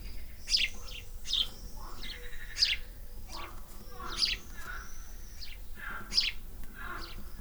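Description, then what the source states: Swallow chirps: sharp high notes at uneven gaps, with softer lower twitters between them and a steady low hum. Nest in an air vent.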